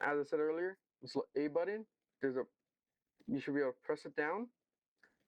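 Someone talks while reassembling a vintage Canon FD 50mm f/1.8 manual lens during a declick modification, with the aperture ring part not yet fully in and the small A button about to be pressed down. Only speech is heard, with a faint brief sound near 5.0 seconds at the very end. Nothing has seated or clicked into place yet.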